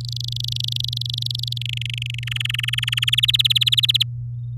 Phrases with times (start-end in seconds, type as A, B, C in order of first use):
0.01-1.58 A, 1.61-2.24 B, 2.27-3.10 C, 3.12-4.03 D